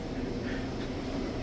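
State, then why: Not seated. A plastic engine cover is pressed onto its mounting stud, but the plastic retaining piece inside the foam molding has lost its tension from heat and will not snap on. Only steady low background noise is heard, and nothing has clicked or seated.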